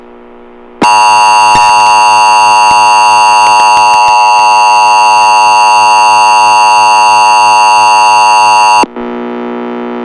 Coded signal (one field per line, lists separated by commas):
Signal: Emergency Alert System (SAME) tones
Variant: 853 and 960 Hz attention tone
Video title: EAS Scenario: Lentotally's Revenge GOOD ENDING